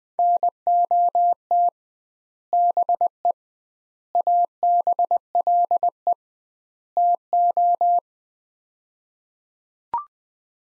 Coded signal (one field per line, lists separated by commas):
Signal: Morse code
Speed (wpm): 21 wpm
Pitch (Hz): 700 Hz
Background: none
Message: NOT BE ABLE TO